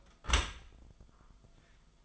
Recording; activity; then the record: daily activity, microphone in the room; close dishwasher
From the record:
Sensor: 5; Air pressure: 1004.8 hPa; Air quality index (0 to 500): 91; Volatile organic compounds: 2 ppm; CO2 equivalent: 1105 ppm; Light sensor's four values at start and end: 32/73/30/29 and 32/73/30/29